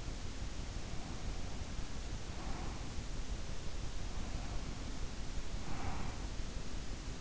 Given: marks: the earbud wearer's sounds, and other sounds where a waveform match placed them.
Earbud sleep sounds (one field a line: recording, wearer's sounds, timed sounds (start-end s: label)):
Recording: sounds in sleep by an in-ear microphone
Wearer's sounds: breath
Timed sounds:
0.58-2.98 s: breath
3.90-6.21 s: breath